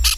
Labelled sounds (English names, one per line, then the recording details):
Brown-throated Parakeet contact call
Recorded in Venezuela
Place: Tumeremo, Edo. Bolivar; Camino de tierra entre el Frio y el fundo Atenas. Fundo San Ramon
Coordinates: 7.414, -61.558